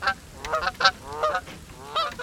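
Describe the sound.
Canada Goose honks: several loud, nasal honks in quick, uneven bursts.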